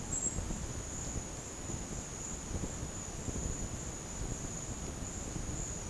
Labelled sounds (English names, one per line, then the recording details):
none
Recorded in pastures near Puerto Asís, Putumayo, Colombia, on 22 June 2025 at 12:30
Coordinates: 0.496, -76.326
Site GP01